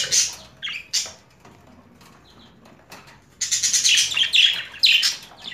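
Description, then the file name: Budgerigar chirps, sharp high chirps in short bursts with a quiet gap, then a longer stretch of dense, scratchy chatter near the end. Female bird; mixed assortment of sounds. "Karisik Sesler Disi Muhabbet Kusu Sesi"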